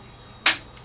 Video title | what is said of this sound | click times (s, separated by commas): Tuning Your Tom Tom Drum Using An Evans Torque Key | and it uh it finally it clicked and once it clicks or breaks free from this part uh | 0.5 s